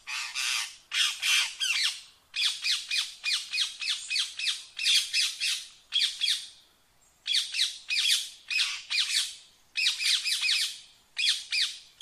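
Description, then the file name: Rose-ringed parakeet screeching in long rapid bursts of harsh, shrill squawks with short gaps between them. "Canto do periquito indiano"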